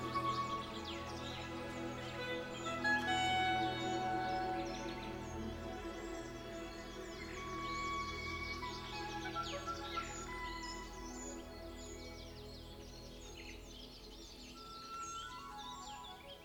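Birds chirp and trill in quick, high bursts throughout, layered over a dense bed of sustained low tones that stays at a fairly even loudness.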